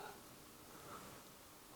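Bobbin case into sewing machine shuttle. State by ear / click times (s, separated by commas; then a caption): not seated / none. A bobbin case is held and lined up over the shuttle opening of a Singer 15-90 sewing machine before being pushed in. Only a steady, quiet background hiss is heard, with no clicks. Nothing has seated or clicked yet.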